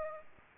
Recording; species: mosquito wingbeat signal from an infrared sensor; Aedes aegypti